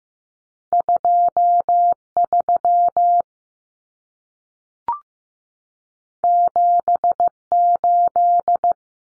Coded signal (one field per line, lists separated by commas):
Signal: Morse code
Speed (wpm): 15 wpm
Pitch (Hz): 700 Hz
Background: none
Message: 23 78